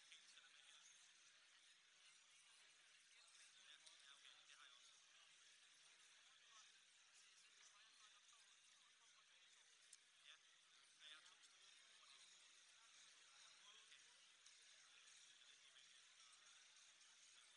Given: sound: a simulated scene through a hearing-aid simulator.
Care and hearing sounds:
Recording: conversation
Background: cafeteria (anchor of the quiet scene)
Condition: -6 dB SNR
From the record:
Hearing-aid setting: anchor resembling a broken hearing aid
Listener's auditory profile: B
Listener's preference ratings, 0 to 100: 4, 5, 1

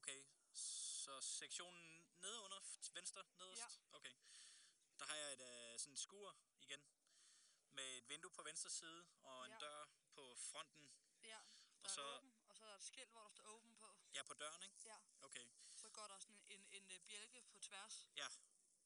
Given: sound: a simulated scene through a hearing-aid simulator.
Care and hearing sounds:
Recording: conversation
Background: quiet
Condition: 65 dB SPL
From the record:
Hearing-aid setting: III (slow-acting compression, loudness normalization, advanced features for about 2.5 dB of SNR improvement)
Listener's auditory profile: C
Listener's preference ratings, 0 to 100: 58, 70, 40

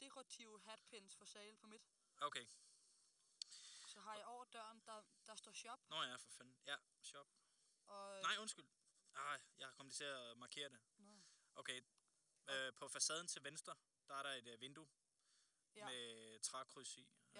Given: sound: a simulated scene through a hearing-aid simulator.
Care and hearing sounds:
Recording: conversation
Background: quiet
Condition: 75 dB SPL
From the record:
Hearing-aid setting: standard clinical setting (NAL)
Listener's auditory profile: D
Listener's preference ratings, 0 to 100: 94, 94, 99

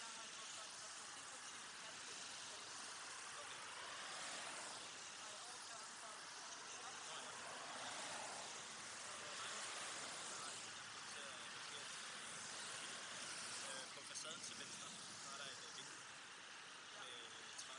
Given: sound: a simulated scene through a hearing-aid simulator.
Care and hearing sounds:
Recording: conversation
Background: traffic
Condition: -6 dB SNR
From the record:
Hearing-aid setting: anchor resembling a broken hearing aid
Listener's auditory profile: C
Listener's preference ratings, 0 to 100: 1, 2, 1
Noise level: 75 dB SPL

